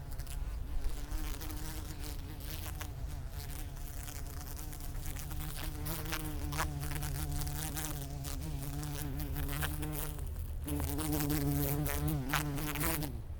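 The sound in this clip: Fly buzzing: a continuous droning hum that wavers slightly in pitch throughout, with scattered light tapping and crackling sounds.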